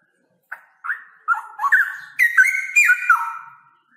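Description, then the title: Straw-headed bulbul song: short whistled opening notes building into a loud, bubbling phrase of stepped, rolling whistles. Male, singing loudly with long trills. "Cucak ROWO Jantan GACOR Suara Lantang ROoo EL Panjang"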